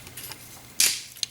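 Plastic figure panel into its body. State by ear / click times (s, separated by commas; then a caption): seated / 0.8 s. A plastic panel on an SS-44 Dark of the Moon Optimus Prime toy figure is folded toward the back and pressed into its body, with faint handling ticks before a bright, sharp snap at 0.8 s. A short second tick follows at about 1.2 s, and the panel is clipped firmly in place.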